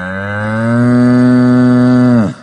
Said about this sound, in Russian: Взревел перед столкновением бык